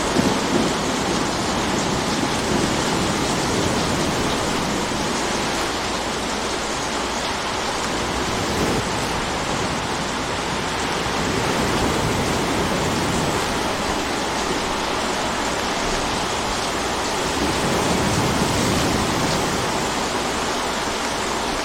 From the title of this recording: Natural Sound of the Wind Blowing Across the Water